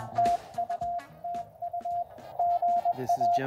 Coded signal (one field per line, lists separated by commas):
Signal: Morse code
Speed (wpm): 20 wpm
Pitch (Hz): 700 Hz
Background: speech, music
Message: TU TU GA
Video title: Tiny 20 meter Antenna for Ham Radio #antenna #radio